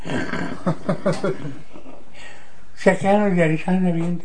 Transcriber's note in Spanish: risas